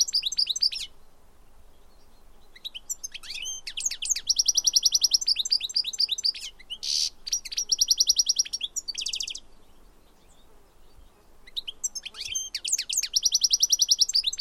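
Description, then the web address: Bird song in three bouts of high, rapid trilled phrases mixed with chirps, separated by quiet gaps of a few seconds. "Deverinetal"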